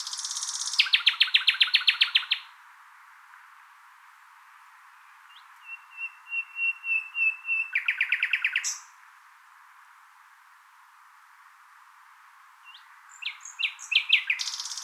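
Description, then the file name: Common nightingale song: a rapid buzzy rattle, then a slow crescendo of pure repeated whistles ending in a loud churring burst, pauses between phrases, another varied phrase at the end. "Luscinia megarhynchos"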